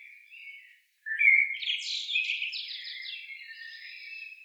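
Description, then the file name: Common blackbird song: a soft opening note, then a louder fluted phrase breaking into squeaky, rapid twittering that runs to the end; clean, quiet background. "Turdus merula"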